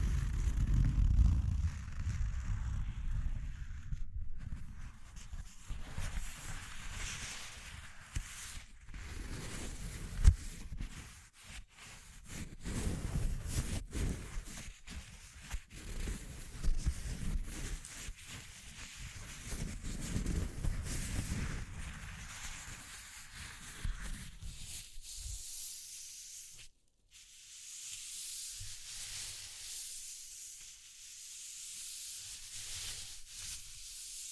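ASMR texture exploration: uneven rubbing and handling sounds with low rumbles and airy hiss, easing into brighter scratchy rustling after a brief cutout near 26 seconds.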